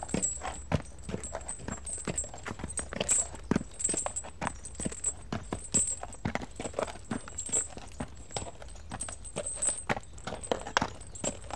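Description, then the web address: Horse hooves clopping in a steady walking rhythm, with a faint high metallic jingle of harness throughout. One horse walking along in harness. "BBC Sound Effects Library Horses Dogs One Horse Walks Along In Harness"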